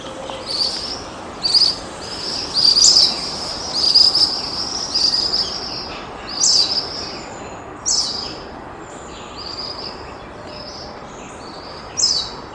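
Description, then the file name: Ashy minivet: repeated high, rattling metallic trills, each burst under a second long, coming every one to two seconds over a soft hiss. Recorded on 21 April 2020. "20200421 sanshoukui"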